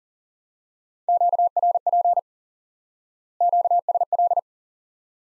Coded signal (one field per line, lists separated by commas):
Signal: Morse code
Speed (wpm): 40 wpm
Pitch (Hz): 700 Hz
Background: none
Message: QRP QSL